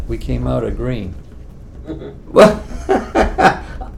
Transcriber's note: laughter